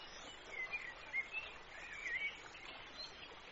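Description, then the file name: Bird song: several short whistled and warbled notes in the first two-thirds, then only background hiss. "Birds Singing"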